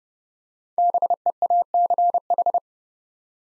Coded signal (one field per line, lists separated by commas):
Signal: Morse code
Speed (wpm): 30 wpm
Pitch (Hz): 700 Hz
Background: none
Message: BEACH